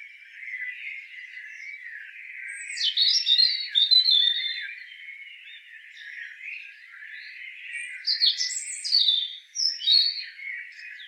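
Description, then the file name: European robin song: two phrases of fast, high, sparkling notes and short slurred whistles, over a continuous background sound. "Erithacus rubecula"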